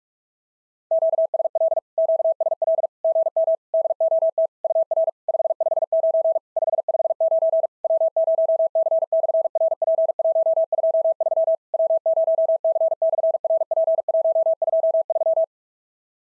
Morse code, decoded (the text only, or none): QSL QSL GM DOT UR 559 559 W0C/RP123 W0C/RP123